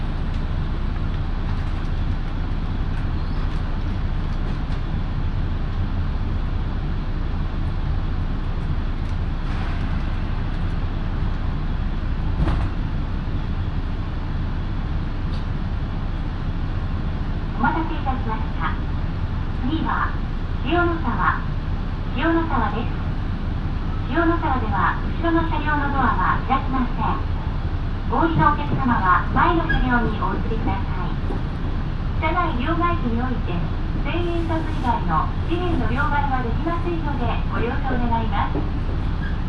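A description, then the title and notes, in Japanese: A local train on the Minobu Line runs along with a steady, heavy low rumble and a constant hum that hold level the whole time. From about seventeen seconds on, voices talk in frequent short bursts over the train noise, with a faint click near twelve seconds. 耳で楽しむ鉄道旅 身延線普通 身延→市川大門。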